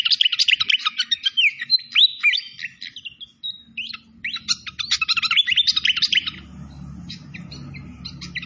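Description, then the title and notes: Malaysian pied fantail song, dense bursts of high chirps and short whistles in two busy phrases, then scattered notes over a faint low hum. Masteran training recording for songbirds, clear voice, mixed with the sound of flowing, babbling water. "Masteran Sikatan Kipas Suara Jernih Dan Suara Gemericik Air. Suara Burung Sikatan Londo"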